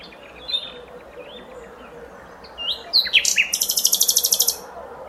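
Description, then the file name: Common nightingale song: scattered soft notes, then a loud phrase of sharp notes leading into a fast, even rattling trill. "Luscinia megarhynchos"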